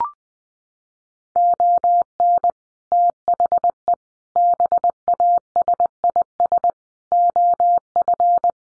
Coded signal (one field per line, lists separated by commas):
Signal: Morse code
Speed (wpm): 20 wpm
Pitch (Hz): 700 Hz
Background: none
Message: ON THE BASIS OF